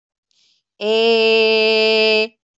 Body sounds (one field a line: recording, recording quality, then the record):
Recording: sustained vowel as in made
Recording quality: excellent, no background noise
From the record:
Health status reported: healthy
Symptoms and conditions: none ticked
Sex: female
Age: 40 years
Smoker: not ticked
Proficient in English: yes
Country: India